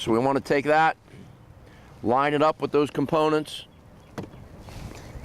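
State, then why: Seated. Someone talks while a boat fuel hose quick-connect fitting is lined up with the fuel port on the tank or engine, with the rimmed, sealed port meeting the needle segment and the open receiving hole meeting the beveled, bullet-shaped segment. After the talking stops, there is a short tap at 4.2 s and a softer rustle around 4.7 s. The connector is pushed on and locks into place with a sharp click at 5.2 s, showing the fitting is seated.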